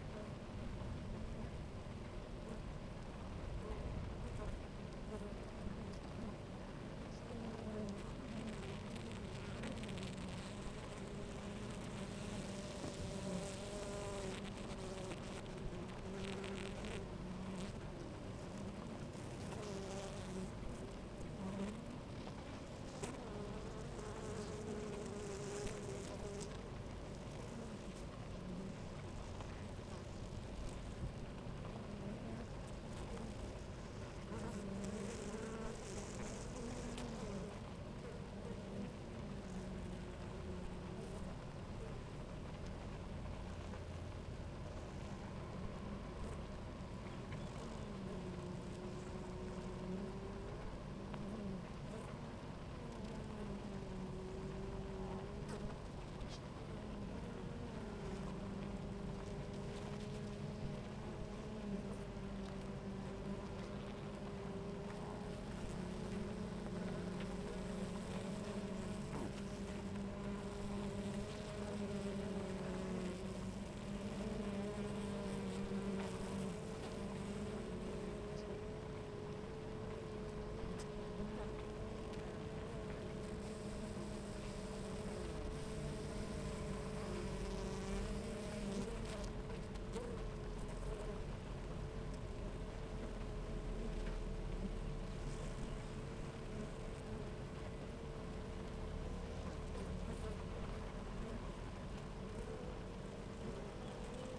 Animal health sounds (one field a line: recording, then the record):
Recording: honeybee colony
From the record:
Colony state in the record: active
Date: 28 July 2017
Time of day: 11:46